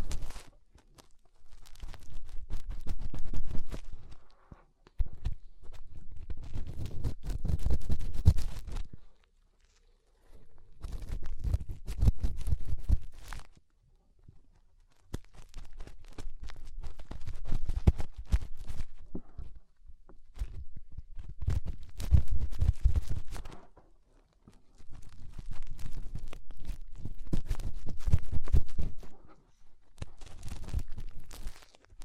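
Fingers rub and scrape inside an ear in bursts of dense crackling and rustling, with deep low rumbles under the scratchy detail. Five or six rubbing spells of several seconds each are separated by short silent gaps, near 5, 9, 14, 19 and 24 seconds.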